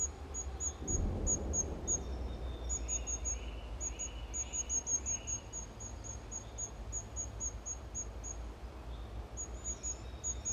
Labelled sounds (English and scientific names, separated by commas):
Common Firecrest (Regulus ignicapilla) call